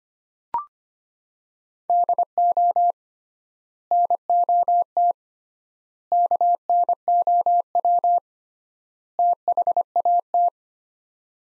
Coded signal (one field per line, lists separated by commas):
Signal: Morse code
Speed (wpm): 25 wpm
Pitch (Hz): 700 Hz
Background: none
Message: DO NOT KNOW THAT